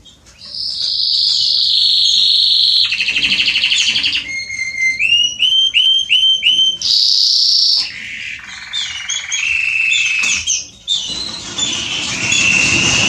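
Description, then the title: Belgian canary song, a long varied run of high rolling trills and whistled tours, including a series of rising slurred notes repeated about twice a second. Male Belgian canary singing a lot, to warm up and train young canaries. "Canary Training Esquente Seu Filhote E Canario Belga Macho Cantando Muito CANTO DO CANRIO"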